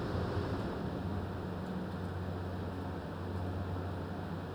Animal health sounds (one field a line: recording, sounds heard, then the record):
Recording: poultry house recording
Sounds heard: no chicken sound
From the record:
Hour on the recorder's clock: 20